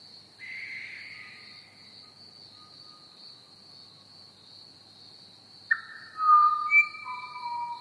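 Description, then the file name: Pied Butcherbird song: a soft level whistle, then a burst of clear fluted notes at several pitches, over a constant high chirring of crickets. Recorded together with chirping crickets. "pied butcherbird and crickets chirping"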